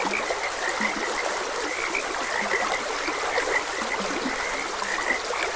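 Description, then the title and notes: Frogs give rapid repeated croaks, with a few lower, deeper croaks now and then, above a steady rush of stream water. Frogs croaking beside a gentle stream. "Gentle Stream and Frogs Croaking. Sleep and Relaxation Podcast"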